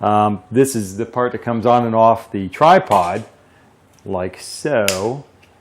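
Someone talks while handling a camcorder quick-release plate, which carries a DIY phone mount, near a tripod head it comes on and off of. Only speech and faint handling noise are heard before the clip ends. Nothing has seated or clicked yet.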